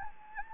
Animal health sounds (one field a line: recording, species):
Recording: mosquito wingbeat signal from an infrared sensor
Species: Anopheles gambiae